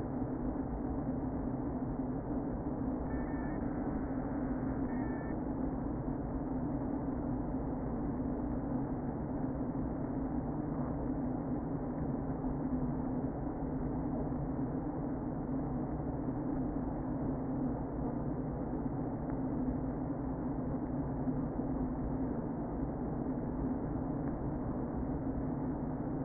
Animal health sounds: honeybee colony, microphone inside the hive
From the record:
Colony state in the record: queen present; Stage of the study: before two queens were removed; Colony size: about 60,000 bees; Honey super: yes

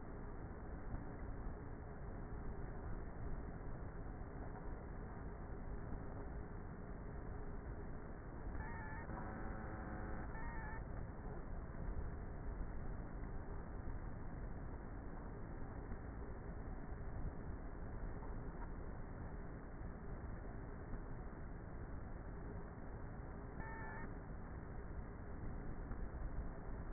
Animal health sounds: honeybee colony, microphone inside the hive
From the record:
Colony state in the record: queenless with a low population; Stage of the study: before two queens were removed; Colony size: about 30,000 bees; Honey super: no

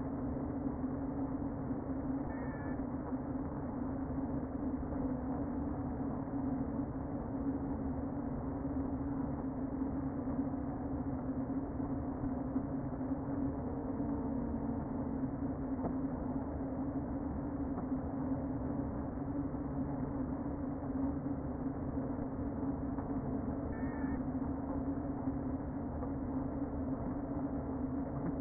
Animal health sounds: honeybee colony, microphone inside the hive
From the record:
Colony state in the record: queen present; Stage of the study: before two queens were removed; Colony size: about 60,000 bees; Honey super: yes

